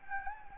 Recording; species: mosquito wingbeat signal from an infrared sensor; Anopheles gambiae